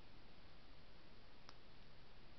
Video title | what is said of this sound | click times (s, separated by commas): Build the Back to the Future Delorean Issue #4 Part 1 | And it just snaps in place. | 1.5 s